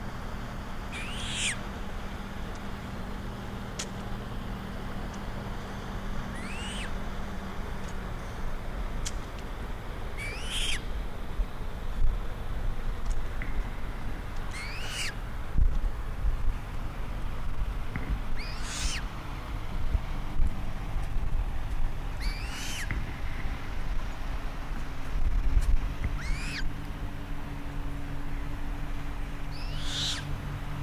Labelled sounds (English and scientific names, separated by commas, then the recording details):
Eurasian Coot (Fulica atra) call
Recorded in the wild
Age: juvenile
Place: Ferch, Schwielowsee, Brandenburg, DE
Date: 1997-09-05 14:32
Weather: 24°C, heiter
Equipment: Sony MD-WM MZ-R3, Sennheiser ME 80, K 30 AV, Kopie Uher 4000 Report Monitor
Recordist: Tembrock, Günter